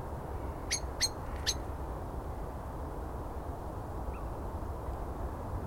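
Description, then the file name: Common blackbird calls: three quick, hard 'chink' notes in the first seconds, then mostly a steady low rumble. "Turdus merula"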